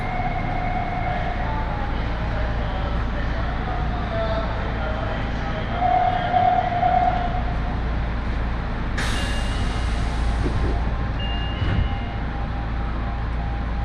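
A ride on the Aonami and Higashiyama lines: a steady, dense low rumble of the moving train runs throughout, with faint tones rising and falling. Near nine seconds a bright hiss bursts in for about two seconds, like air brakes, and faint voices sit underneath.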